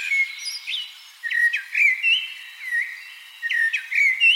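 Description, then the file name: Common blackbird giving clear whistled notes, short slurred phrases that bend up and down in quick succession. "Turdus merula"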